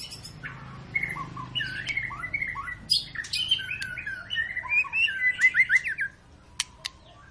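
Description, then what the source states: White-rumped shama song, a busy medley of whistles and chatter with sharp clicks, then a brief pause. Long lure song of a White-rumped shama in full song, used to prompt other birds to sing.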